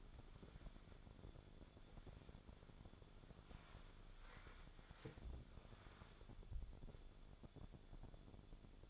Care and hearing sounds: daily activity, microphone in the room; wipe stove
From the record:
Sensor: 5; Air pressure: 1015.2 hPa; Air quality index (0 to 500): 202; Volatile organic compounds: 9 ppm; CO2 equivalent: 2191 ppm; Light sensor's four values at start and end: 35/82/34/36 and 35/83/34/36

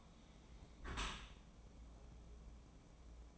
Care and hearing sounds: daily activity, microphone in the room; close dishwasher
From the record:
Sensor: 1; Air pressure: 1012.4 hPa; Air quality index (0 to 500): 171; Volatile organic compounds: 3 ppm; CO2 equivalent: 1399 ppm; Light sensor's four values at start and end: 360/804/362/396 and 361/805/363/397

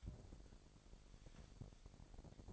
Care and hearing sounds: daily activity, microphone in the room; take from stove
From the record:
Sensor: 5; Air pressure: 1012.1 hPa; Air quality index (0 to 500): 236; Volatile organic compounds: 4 ppm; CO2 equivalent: 1569 ppm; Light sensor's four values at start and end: 48/108/47/51 and 49/113/48/51

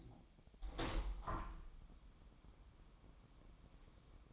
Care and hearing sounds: daily activity, microphone in the room; open window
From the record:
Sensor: 1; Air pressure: 1006.5 hPa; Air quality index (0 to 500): 209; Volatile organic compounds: 24 ppm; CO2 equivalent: 2820 ppm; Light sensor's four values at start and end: 12/30/12/13 and 12/32/12/14

